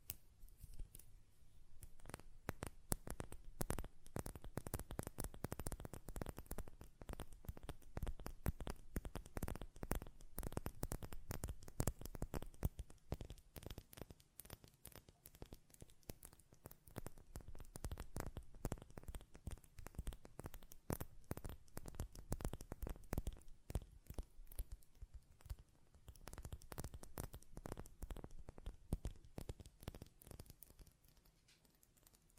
Glass Perfume Bottle Tapping & Lid Sounds